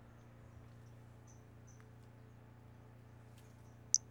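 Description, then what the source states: Brachycephalus albolineatus producing faint short high notes, then one sharp, louder chirp near the end, above a steady low hum. Individual 14, example 02; specimen collected, catalogued MNRJ 90349.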